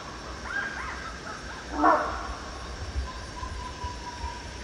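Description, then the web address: Rhinoceros hornbill gives a single loud, harsh honking note, while other birds whistle softly around it and a steady forest hum continues. At Danum, 1 January 2008. "DANUM 20080101. rhinoceros hornbill"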